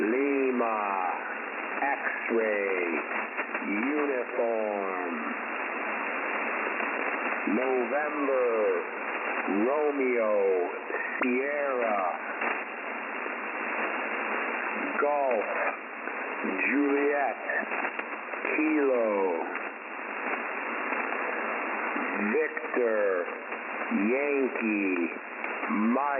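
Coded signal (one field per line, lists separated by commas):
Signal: coded military voice message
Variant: English NATO phonetics, EAM-style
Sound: male voice reading strings of NATO phonetic words over a narrow-band single-sideband radio channel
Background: radio static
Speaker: an unidentified pirate Was Heard on 6925 khz USB at 2346 UTC the live maale voice read this string of NATO phonetics in the style of a US military emergency action message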